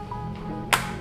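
A plastic helmet visor, with both pivots already fitted into the helmet's side mechanisms, is pushed up and snaps home into place with a sharp, bright click at 0.7 s. Faint music plays underneath throughout. The visor is seated.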